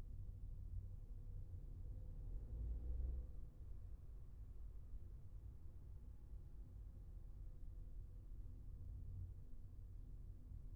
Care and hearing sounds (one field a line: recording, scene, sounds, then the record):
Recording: everyday scene through a hearing-aid microphone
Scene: in a vehicle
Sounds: engine, traffic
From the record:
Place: Skoda Fabia, gasoline engine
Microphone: behind the ear, left, front